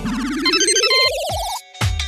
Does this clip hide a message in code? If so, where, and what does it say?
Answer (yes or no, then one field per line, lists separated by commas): no